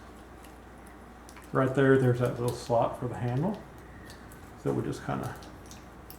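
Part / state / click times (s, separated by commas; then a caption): fishing reel side plate onto reel frame / seated / 6.1 s. While servicing an Abu Garcia Ambassadeur 5500c baitcasting fishing reel with the Syncro drag system, the side plate assembly is pressed onto the reel frame, lined up with the slot for the handle, as someone talks. A few faint ticks sound before it snaps into place with a short, sharp click at 6.1 s, and the side plate is seated on the frame.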